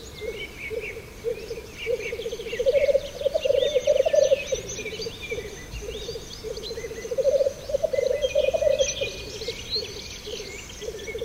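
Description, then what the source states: Black grouse bubbling display song, a continuous low pulsed cooing that swells and fades in long phrases, with higher chirping sounds above it. Recorded 13 May 2015.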